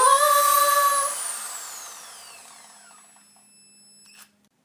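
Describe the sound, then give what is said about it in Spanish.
A power drill drilling a hole into a concrete wall whirs with a high, whining motor tone that starts loud, then slowly drops in pitch and fades as it winds down, ending with a brief clatter. “taladros, tarugos y tornillos.”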